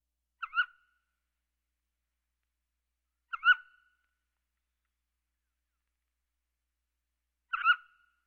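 Mountain quail calling: three loud, short two-part notes, a quick pickup then a stronger squawk-like note, spaced about three to four seconds apart; no other sounds.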